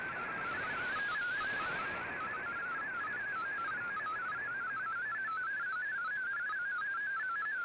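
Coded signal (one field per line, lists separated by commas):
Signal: multi-tone FSK (Olivia or MFSK type)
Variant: MFSK32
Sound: rapid warbling single tone hopping between many closely spaced pitches, over hiss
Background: radio static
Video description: Here is my decode of the Shortwave Radiogram broadcast today on 15770Khz shortwave radio at 1330UTC in MFSK32 and 64 with 10 SSTV images.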